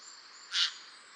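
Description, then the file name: Eurasian jay uttering one brief, hoarse rasp over a steady faint high hiss. "Garrulus glandarius"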